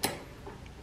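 A modified locking C-clamp on a Kreg Jig R3 pocket-hole jig is tightened a little more onto a wooden board, giving a sharp click at 0.0 s as it snaps locked. A much fainter tick follows at about 0.7 s, and the clamp is seated shut on the workpiece.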